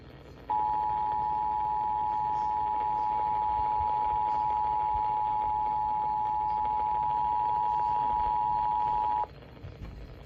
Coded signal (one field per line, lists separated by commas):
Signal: Emergency Alert System (SAME) tones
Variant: 853 and 960 Hz attention tone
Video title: Severe Thunderstorm Warning on KTFW-FM 92.1 (EAS #207)